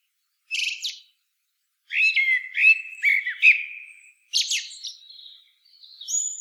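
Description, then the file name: Eurasian blackbird song: a brief high chatter, then a string of fluty warbled notes and a thin rising squeak at the close. "Turdus merula"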